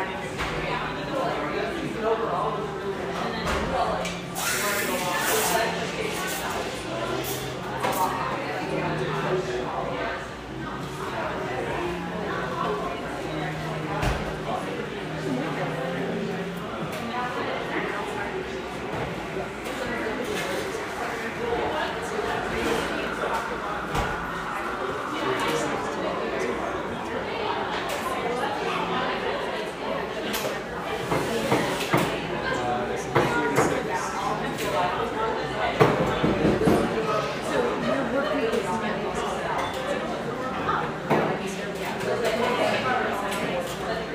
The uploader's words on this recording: Pearl District, Portland, Oregon. We continue wending a caffeinated path through this coffee enclave's most iconic espresso shops.